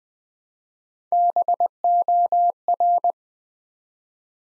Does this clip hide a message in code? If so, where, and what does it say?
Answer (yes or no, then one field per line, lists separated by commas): yes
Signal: Morse code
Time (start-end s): 1.1-3.1 s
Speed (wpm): 20 wpm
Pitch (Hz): 700 Hz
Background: none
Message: BOR